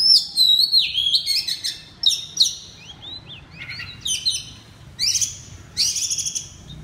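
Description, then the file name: Oriental magpie-robin in full song: fluty whistles, wavering slurs and harsher buzzy bursts. Loud (keras) song in the ngeplong style. "suara kacer ngeplong keras"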